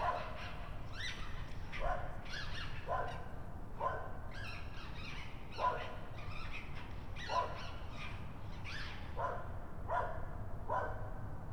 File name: raccoons